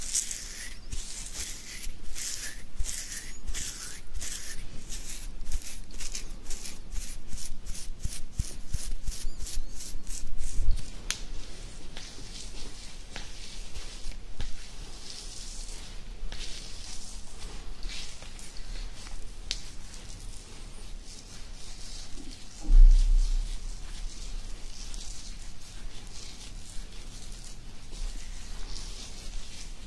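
Beard scratching: fast, regular rasping strokes fill the first eleven seconds, each a bright scratchy burst. After that the rubbing turns slower and more irregular, a rough bristly scraping with a louder thump near 23 seconds.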